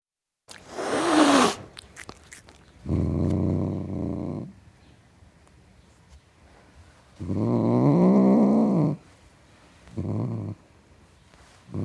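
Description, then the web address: Domestic cat growling in several low, drawn-out bursts of up to about two seconds, separated by pauses, after a brief harsh sound at the start. Tom cat growling. "BBC Cats Growling"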